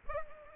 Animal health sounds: mosquito wingbeat signal from an infrared sensor; Culex pipiens

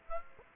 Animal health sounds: mosquito wingbeat signal from an infrared sensor; Aedes aegypti

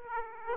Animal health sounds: mosquito wingbeat signal from an infrared sensor; Aedes aegypti

